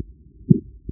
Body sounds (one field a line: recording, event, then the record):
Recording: neck accelerometer signal played as sound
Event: voluntary cough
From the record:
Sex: male